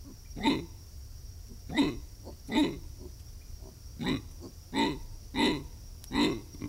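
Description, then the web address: Black howler monkey producing softer, spaced throaty grunts at an uneven pace, about one per second, against a quiet background hiss. South American rainforest. "Natures Songs S America Primates of the Rainforest Black howler monkey"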